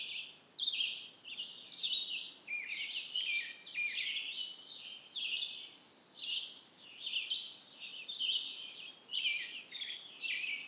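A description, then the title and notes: Birds sing and call in a park, with bright, high chirps and twittering phrases arriving in quick bursts every second or so across the whole clip. Several voices seem to overlap over a quiet, faint outdoor hush. Theraphonia - Birdsong at Petersfield Park. A gentle conversation among the birds of Petersfield Provincial Park, Cape Breton, Nova Scotia.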